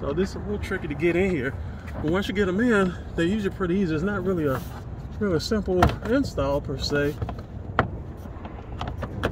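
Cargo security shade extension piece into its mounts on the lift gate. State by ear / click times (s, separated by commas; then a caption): seated / 7.8 s. Someone talks while fitting a plastic extension piece for the rear cargo security shade into its mounts on the lift gate of a 2010-2015 RX350 SUV. The piece is tricky to get in. A sharp click at 7.8 s marks it snapping into place, seated, followed by a few fainter clicks.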